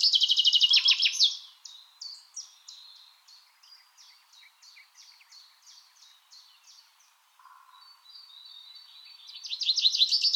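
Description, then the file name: Common chaffinch: a loud rapid trill opens and another begins at the end, with a long middle stretch of softer, evenly repeated high notes. "Fringilla coelebs"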